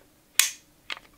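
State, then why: Seated. A Glock G19 Gen 3 pistol slide sits on the frame rails and is pulled back, and the slide lock lever snaps into place with a loud, sharp metal snap at 0.4 s. A quieter, shorter clicking rattle follows around 0.9 s. The lever is seated.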